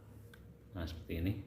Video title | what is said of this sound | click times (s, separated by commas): CARA MEMPERBAIKI KLAKSON MOBIL GRAND LIVINA 2012 / servis klakson Grand Livina | kita tekan penutupnya sampai pengaitnya terpasang biasanya ada bunyi klik kalau sudah pengait di dalamnya terpasang nah | 0.3 s